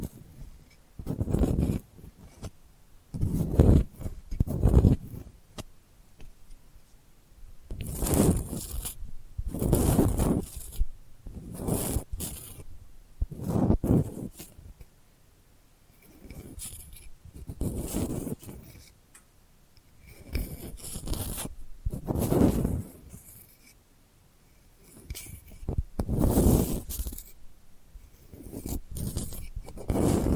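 Delicate scratching comes in short bursts, each a rough, papery rasp lasting about a second, repeating irregularly every two to three seconds. Quieter stretches of softer rubbing fill the gaps, with a brief lull around fifteen to twenty seconds before the scratches return.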